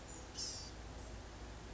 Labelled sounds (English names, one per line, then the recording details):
Blue-gray Gnatcatcher
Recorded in Sonoma County, California